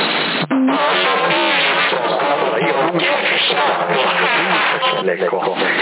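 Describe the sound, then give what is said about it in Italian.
A thin, band-limited voice comes over a CB radio with an echo effect smearing and repeating each syllable, the talk continuous and loud for the whole stretch. “Proviamo l'eco.”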